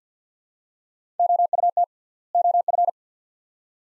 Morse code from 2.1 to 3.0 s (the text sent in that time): OF